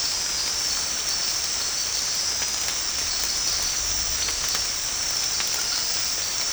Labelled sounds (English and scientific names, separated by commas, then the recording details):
none
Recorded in secondary vegetation near Puerto Asís, Putumayo, Colombia, on 13 March 2025 at 22:30
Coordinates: 0.502, -76.326
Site G100